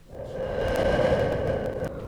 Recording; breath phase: one breath near a microphone; exhalation